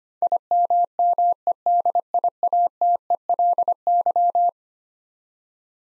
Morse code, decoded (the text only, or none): IMMEDIATELY